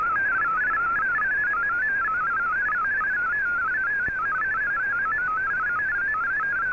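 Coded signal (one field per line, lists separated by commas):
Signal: multi-tone FSK (Olivia or MFSK type)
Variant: MFSK32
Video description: here is my decode of the Shortwave Radiogram broadcast today on 15770Khz shortwave radio at 1300UTC in MFSK32 and 64 and with 9 SSTV images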